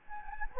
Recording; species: mosquito wingbeat signal from an infrared sensor; Anopheles gambiae